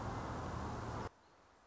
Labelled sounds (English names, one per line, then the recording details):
Nuttall's Woodpecker
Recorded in Sonoma County, California